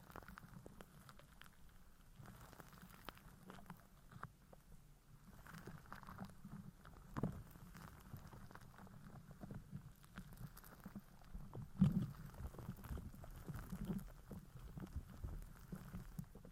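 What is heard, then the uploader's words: Slime is squished and worked in a steady run of soft, wet crackles and pops, dense and irregular like light rain. A low murmur stays underneath throughout, and a few louder squelches stand out around 7 and 12 seconds. Satisfying Slime Sounds Asmr No Talking.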